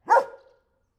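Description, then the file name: German Shepherd letting out one short, sharp bark that fades quickly into silence. Friendly barking of a German Shepherd watchdog, recorded at Perkupa in 2014. "nemetjuhasz perkupa"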